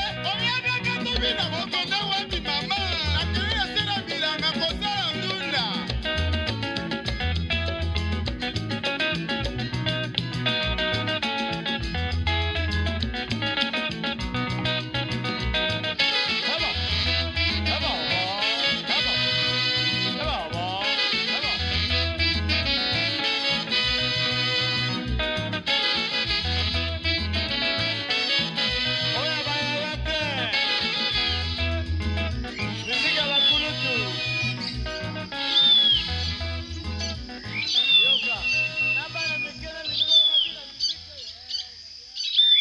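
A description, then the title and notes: Congolese rumba plays at a steady, even loudness, with a regular, pulsing bass beat and bright, busy guitar lines. Short chirping birdsong slides through around the middle. Near the end the beat drops away, leaving looser music and scattered bird calls. Congolese Rumba and Tropical Birdsong. Throughout the radio show are the sounds of tropical birds recorded by Jean Roché.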